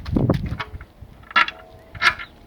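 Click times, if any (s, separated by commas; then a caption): none. A van seat with a swivel top plate fixed to its underside is handled above the bottom swivel plate, which is screwed to the bar, as it is brought toward locking. Low rumbling handling noise comes first, followed by several scraping knocks and clunks around 1.4 s and 2.1 s and a light tap near the end. Nothing has seated or locked yet when the clip ends.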